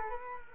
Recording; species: mosquito wingbeat signal from an infrared sensor; Culex quinquefasciatus